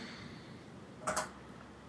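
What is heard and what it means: A DDR3 memory stick, lined up by its notch, is pushed down into a motherboard DIMM slot and clicks into place at 1.1 s as a short, bright double snap over a steady low background hiss. The stick is seated.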